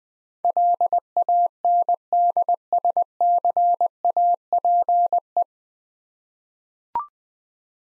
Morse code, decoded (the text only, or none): LANDSCAPE